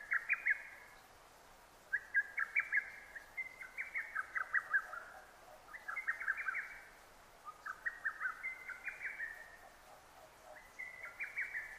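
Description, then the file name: Lesser cuckoo singing loud chattering phrases of hurried whistled notes, given in quick succession with short pauses. Recorded 6 June 2009. "hototogisu 20090606"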